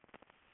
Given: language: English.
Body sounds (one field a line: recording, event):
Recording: throat vibration sensor signal played as sound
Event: swallow